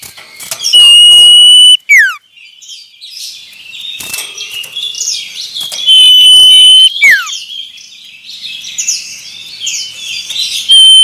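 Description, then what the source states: Common iora song: long level whistles, two of them closed by a falling note, amid busy twittering. Male.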